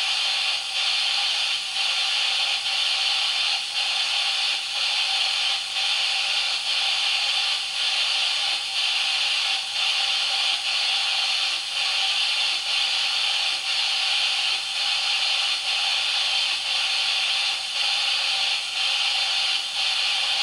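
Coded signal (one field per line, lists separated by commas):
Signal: radio time signal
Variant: DCF77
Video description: Im Hintergrund ist das Signal des Zeitzeichensenders DCF77 zu hören, welches diese Uhren synchronisiert.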